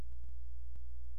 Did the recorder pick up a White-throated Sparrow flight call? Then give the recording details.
no. No flight call is heard. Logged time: 00:04 on 16 September 2014